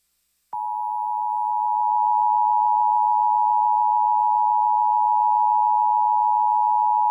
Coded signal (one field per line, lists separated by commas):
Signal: Emergency Alert System (SAME) tones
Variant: 853 and 960 Hz attention tone